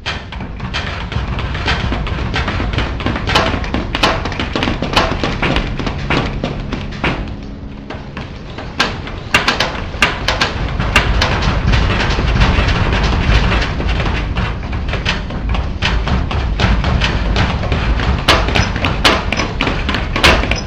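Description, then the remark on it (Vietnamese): Many rapid footsteps thunder down a staircase, a dense, continuous pounding of thuds and taps that stays loud throughout, with no one speaking. “Cầu thang rầm rập, tiếng bước chân chạy xuống dưới nhà.”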